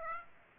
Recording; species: mosquito wingbeat signal from an infrared sensor; Aedes aegypti